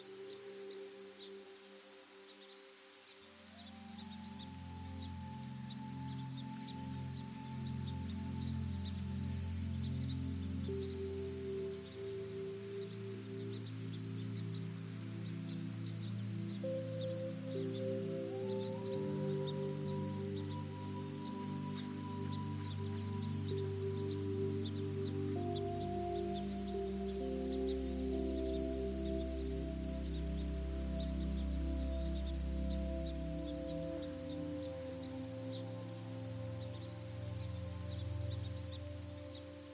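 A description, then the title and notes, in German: Soft background music of slow, sustained low chords shifts to a new harmony every several seconds, around 4, 18 and 25 seconds in. A steady, bright, cricket-like chirring hangs over it at an even level throughout. Klang der VÖGEL und Sanfter MUSIK. Vogelgesängen und sanfter Hintergrundmusik.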